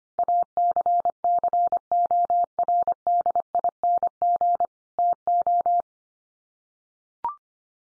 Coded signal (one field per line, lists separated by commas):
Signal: Morse code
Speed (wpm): 25 wpm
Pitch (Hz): 700 Hz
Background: none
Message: ACCORDING TO